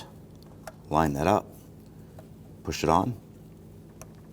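The engine wiring harness connector is lined up and pushed onto an ignition coil on a 2007-2017 Jeep Patriot 2.4L L4 while someone talks, and it seats with a sharp click at 4.0 s. The red lock tab can then be pressed over.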